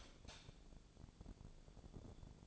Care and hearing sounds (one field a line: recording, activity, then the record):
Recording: daily activity, microphone in the room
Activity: light off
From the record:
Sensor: 5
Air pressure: 1000.2 hPa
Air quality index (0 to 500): 101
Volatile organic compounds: 1 ppm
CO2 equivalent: 819 ppm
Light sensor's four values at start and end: 202/479/205/226 and 201/477/204/225